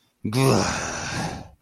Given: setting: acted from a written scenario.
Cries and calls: vocal sound without words; anger

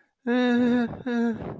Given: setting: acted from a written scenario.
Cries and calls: vocal sound without words; embarrassment

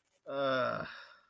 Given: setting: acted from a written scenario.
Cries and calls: vocal sound without words; shame

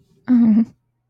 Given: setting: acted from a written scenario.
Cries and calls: vocal sound without words; sadness

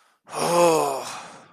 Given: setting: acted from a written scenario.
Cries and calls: vocal sound without words; disappointment

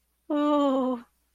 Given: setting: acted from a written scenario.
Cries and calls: vocal sound without words; embarrassment

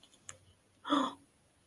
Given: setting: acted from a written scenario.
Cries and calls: vocal sound without words; sympathy

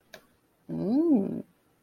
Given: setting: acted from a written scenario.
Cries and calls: vocal sound without words; desire

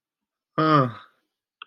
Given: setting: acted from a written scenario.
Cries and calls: vocal sound without words; distress

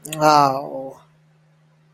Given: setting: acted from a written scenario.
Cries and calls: vocal sound without words; shame

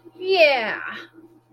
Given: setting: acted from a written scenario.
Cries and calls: vocal sound without words; triumph

